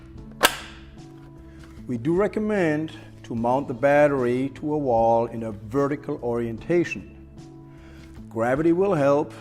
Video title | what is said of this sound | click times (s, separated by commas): SC 5010 SEK - Mobile Operating Table - Application Video - AKRUS | set up the battery on the rails and wait for the audible click | 0.4 s